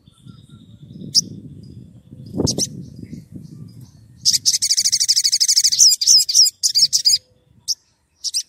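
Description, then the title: Oriental magpie-robin song: after low background noise and a thump, a long, fast, chattering phrase of high repeated notes, then a few isolated chirps. Vigorous (gacor) whistling song used as a lure to provoke other magpie-robins into answering. "Pancingan Suara Siulan Kacer Gacor Mantap Untuk Memancing Kacer Lain Agar Mau Nyaut Bunyi"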